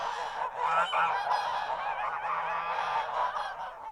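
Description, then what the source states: Goose: flock of geese giving a steady wash of overlapping nasal honks, with no clear pauses. A horde of geese honking.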